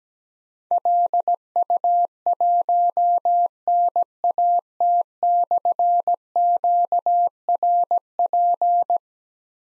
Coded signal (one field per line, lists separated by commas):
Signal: Morse code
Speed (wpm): 17 wpm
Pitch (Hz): 700 Hz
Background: none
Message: LU1NAT/QRP